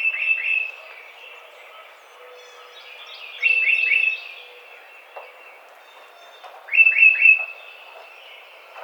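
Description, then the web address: Tufted titmouse giving short phrases of three to four quick downslurred whistles, three phrases spread throughout, other faint bird notes in between. Recorded 30 April 2009. "Tufted Titmouse 2009 04 30"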